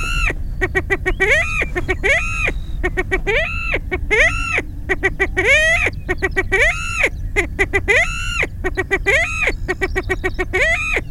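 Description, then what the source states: Greater prairie chicken giving loud, harsh cackling calls in quick bursts, each note rising then falling, repeated continuously over low background rumble. Bird calling as it was flushed.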